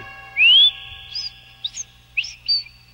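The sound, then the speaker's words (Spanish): Whistling through two missing front teeth: one high note slides upward and holds, then breaks into a few short, airy chirps of similar pitch, moderately loud, with no voices. “Se me sale el aire cuando quiero silbar.”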